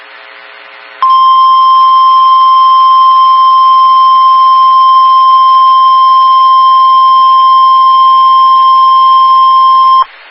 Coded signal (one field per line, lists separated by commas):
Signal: Emergency Alert System (SAME) tones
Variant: 1050 Hz attention tone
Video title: EAS #23 Severe Thunderstorm Warning (SVR) for West Central Nebraska